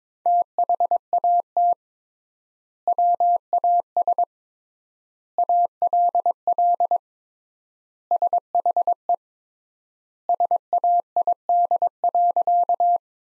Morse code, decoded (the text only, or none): THAT WAS ALL SHE SAID.